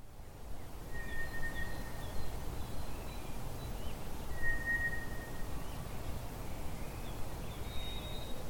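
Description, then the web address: White's thrush song, two long, even whistles on the same pitch about three seconds apart, with faint higher bird notes and a low rumbling background. "drozd"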